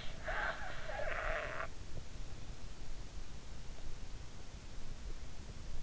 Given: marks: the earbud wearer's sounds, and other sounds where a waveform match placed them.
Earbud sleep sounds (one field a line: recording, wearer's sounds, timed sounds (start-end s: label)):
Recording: sounds in sleep by an in-ear microphone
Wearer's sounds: breath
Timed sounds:
0.23-1.69 s: breath